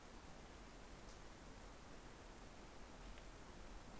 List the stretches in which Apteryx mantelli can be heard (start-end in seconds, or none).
none